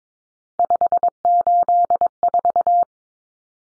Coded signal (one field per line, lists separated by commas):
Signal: Morse code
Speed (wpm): 22 wpm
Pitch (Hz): 700 Hz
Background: none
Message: 584